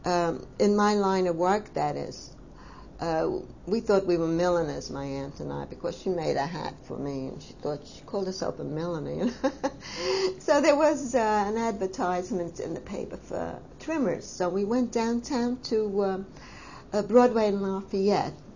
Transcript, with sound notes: in my line of work that is, uh, we thought we were milliners, my aunt and I, because she made a hat for me, and she thought, she called herself a milliner. (she laughs) so there was an advertisement in the paper for trimmers, so we went downtown to, uh, Broadway and Lafayette,